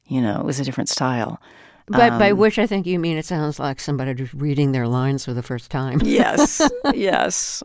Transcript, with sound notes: You know, it was a different style.
But by which I think you mean, it sounds like somebody reading their lines for the first time (laughter).
Yes. Yes.